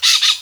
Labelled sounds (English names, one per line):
Brown-throated Parakeet contact call